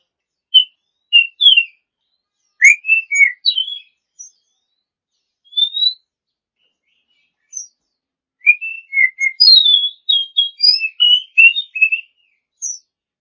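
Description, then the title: Oriental magpie-robin song, scattered whistled notes at first, building into a dense, fast run of varied warbling phrases. Champion-class songbird. "Kicau Burung Kacer Juara"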